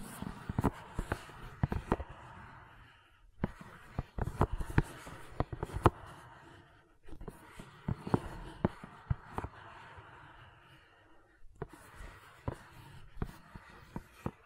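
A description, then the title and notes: Gentle silicone sounds: soft squishy rustling with sharp little clicks and taps, coming in bursts broken by brief quiet gaps every few seconds. ASMR Gentle Silicon Sounds for Sleep (No Talking).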